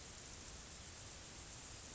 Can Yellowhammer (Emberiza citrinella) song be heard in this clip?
no